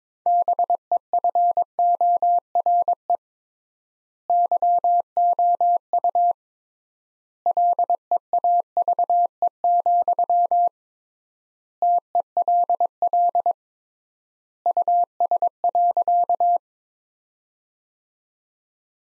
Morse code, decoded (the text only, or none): BEFORE YOU LEAVE, TELL US.